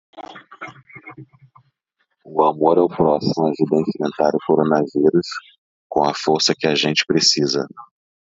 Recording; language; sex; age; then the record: spoken sentence; Brazilian Portuguese; male; 40 to 49 years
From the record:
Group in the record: control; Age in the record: 46 years